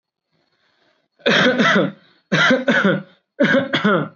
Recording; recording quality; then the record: heavy voluntary cough; excellent, no background noise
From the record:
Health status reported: recovered from COVID-19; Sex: male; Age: 23 years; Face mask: not worn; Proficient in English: yes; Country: India